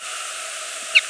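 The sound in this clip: American goldfinch calls: two short, high chirps in quick succession near the end, heard over a steady broad hiss.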